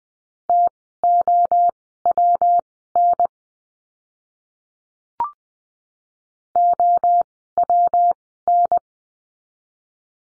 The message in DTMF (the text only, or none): none